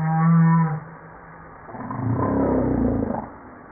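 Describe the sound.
Humpback whale moan: a steady, low tonal note with bright harmonics breaks off, and after a pause a longer, noisier, rumbling unit follows.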